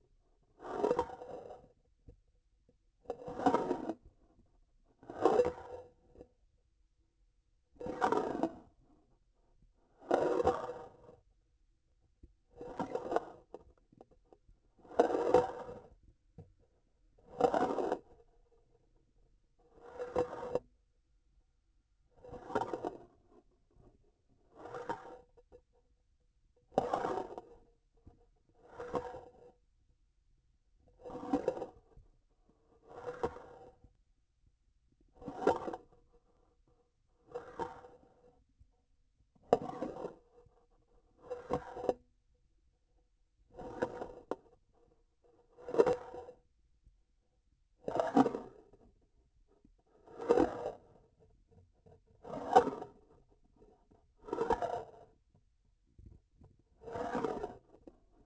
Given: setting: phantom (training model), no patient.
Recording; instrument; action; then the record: laparoscopic instrument, vibration sensor on the handle end; grasping forceps; approaching and retracting movements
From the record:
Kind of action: spatial motion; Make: Olympus